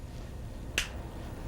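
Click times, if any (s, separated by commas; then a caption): 0.8 s. A sterile disposable plastic tip is pushed over the shaft of a periodontal probe encoder handpiece and snaps home at 0.8 s, a single short, sharp, bright snap over a faint low background hum. The tip is seated, and the snap is what confirms it, since without it the tip may not be properly engaged.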